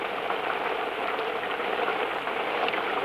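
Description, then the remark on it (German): Rain falls in a steady, even hiss with a faint crackling texture, holding at a constant moderate level throughout, with no voices. “Da, sehen Sie, es fängt an zu regnen.”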